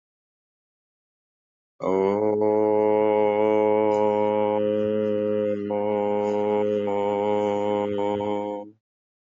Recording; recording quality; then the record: sustained vowel as in boot; poor, much background noise or distortion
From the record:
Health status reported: healthy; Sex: male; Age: 57 years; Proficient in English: yes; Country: India